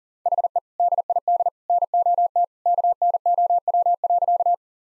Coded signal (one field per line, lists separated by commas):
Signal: Morse code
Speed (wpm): 40 wpm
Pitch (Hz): 700 Hz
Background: none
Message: HE DID NOT KNOW.